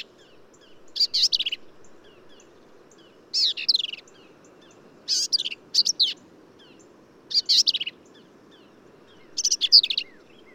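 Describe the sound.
Black-capped vireo repeating emphatic high phrases of sharp, rasping notes, several bursts separated by short pauses.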